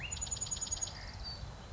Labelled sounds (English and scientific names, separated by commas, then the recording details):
Chestnut-backed Chickadee (Poecile rufescens)
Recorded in Sonoma County, California